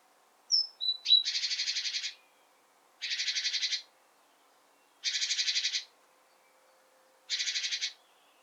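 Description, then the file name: Great tit churring: a couple of thin high notes, then four grating buzzy rattles, each about a second long, roughly two seconds apart. "Parus major"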